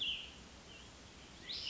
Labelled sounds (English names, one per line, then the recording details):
Cassin's Vireo
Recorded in Sonoma County, California